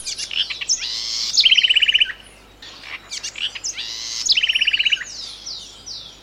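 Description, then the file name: Bird singing busy, high twittering phrases with sweeping whistles and two rapid, evenly pulsed trills, repeated in a similar pattern. "madar bbc"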